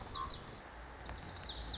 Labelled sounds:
Lazuli Bunting
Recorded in Sonoma County, California

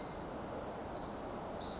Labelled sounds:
Pacific Wren
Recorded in Sonoma County, California

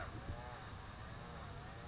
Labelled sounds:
California Towhee
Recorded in Sonoma County, California

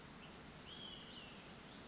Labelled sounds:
Olive-sided Flycatcher
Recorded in Sonoma County, California

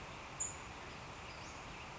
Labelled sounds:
Western Flycatcher
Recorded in Sonoma County, California

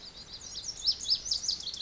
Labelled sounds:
Lazuli Bunting
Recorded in Sonoma County, California

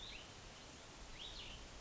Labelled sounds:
Cassin's Vireo
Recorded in Sonoma County, California

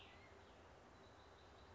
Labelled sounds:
Cassin's Vireo
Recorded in Sonoma County, California

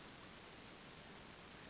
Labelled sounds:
Western Flycatcher
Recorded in Sonoma County, California

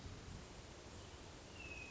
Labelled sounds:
Hermit Thrush
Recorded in Sonoma County, California

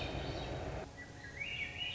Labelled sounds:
Swainson's Thrush
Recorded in Sonoma County, California

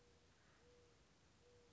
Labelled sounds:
Mourning Dove
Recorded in Sonoma County, California

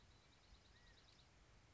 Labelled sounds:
California Quail
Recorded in Sonoma County, California

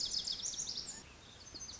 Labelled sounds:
Lazuli Bunting
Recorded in Sonoma County, California

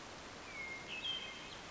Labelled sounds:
Cassin's Vireo
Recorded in Sonoma County, California

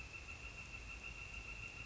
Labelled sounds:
Northern Flicker
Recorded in Sonoma County, California

